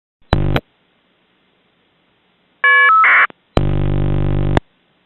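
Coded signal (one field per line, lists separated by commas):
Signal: modem data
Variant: Bell 202 caller ID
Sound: short buzzy phone ring, brief chord of tones, steady tone, rough warbling data, longer ring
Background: telephone ringing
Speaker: secondly let's analyze the fsk signal in ocean audio visually the common signal combination is the first ring tone then the fsk signal and later the other ringtones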